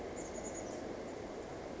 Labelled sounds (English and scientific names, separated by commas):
Chestnut-backed Chickadee (Poecile rufescens)